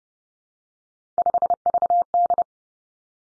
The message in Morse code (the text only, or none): 5VD